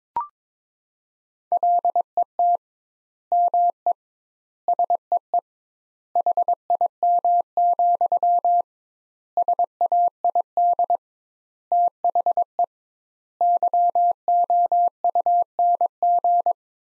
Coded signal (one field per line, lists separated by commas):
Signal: Morse code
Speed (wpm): 22 wpm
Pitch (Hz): 700 Hz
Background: none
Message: LET ME SEE HIM, SAID THE YOUNG